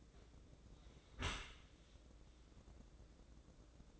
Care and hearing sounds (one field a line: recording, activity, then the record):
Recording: daily activity, microphone in the room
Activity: close dishwasher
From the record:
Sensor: 3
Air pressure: 1012.3 hPa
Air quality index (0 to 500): 157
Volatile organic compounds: 2 ppm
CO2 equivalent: 1203 ppm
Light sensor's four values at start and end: 453/1111/456/445 and 453/1110/455/444